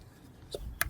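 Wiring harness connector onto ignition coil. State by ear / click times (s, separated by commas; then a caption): seated / 0.8 s. On a 2022–2026 Hyundai Tucson during spark plug replacement, a plastic wiring harness connector is pushed forward onto an ignition coil until it latches, with its lock then pushed back into place. A soft bump is heard around 0.5 s, followed by one sharp, bright click at 0.8 s as the connector seats.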